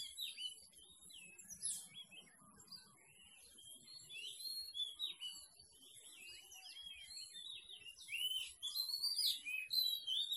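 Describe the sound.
Bird song of bright whistled chirps and short slurred phrases, coming in irregular bursts and growing busier and louder toward the end.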